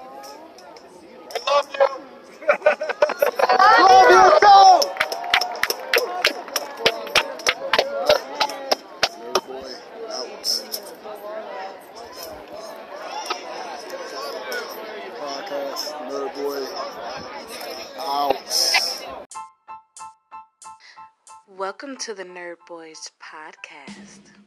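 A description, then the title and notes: A protest crowd in Niagara Square, downtown Buffalo, with many voices talking and calling out together. Sharp clapping or rhythmic chanting peaks around four to eight seconds, then the crowd chatter continues before thinning out near the end, where a single voice stands out. Niagara Square Protest in Downtown Buffalo.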